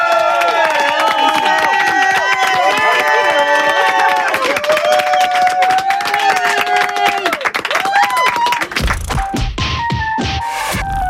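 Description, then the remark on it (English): A loud crowd at a live DJ set cheers and whoops with many overlapping voices rising and falling in pitch, then gives way near the end to a few sharp, irregular claps. “So please give us a wild applause for Make some noise.”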